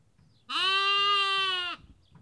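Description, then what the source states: Sheep: lamb bleating: a single steady, harmonic-rich bleat lasting just over a second, with faint low rumble before and after. Lamb; Kakopetria, Cyprus.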